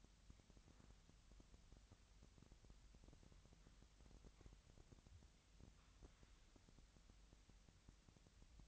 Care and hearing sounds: daily activity, microphone in the room; wipe stove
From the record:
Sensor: 3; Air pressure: 1003.3 hPa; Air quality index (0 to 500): 199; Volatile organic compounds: 6 ppm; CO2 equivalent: 1943 ppm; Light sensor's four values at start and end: 9/22/9/10 and 9/22/9/10

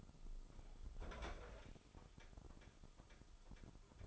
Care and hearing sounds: daily activity, microphone in the room; open fridge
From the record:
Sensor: 5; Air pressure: 988.5 hPa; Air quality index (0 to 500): 219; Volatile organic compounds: 123 ppm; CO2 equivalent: 3892 ppm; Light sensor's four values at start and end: 43/131/51/54 and 43/130/51/54

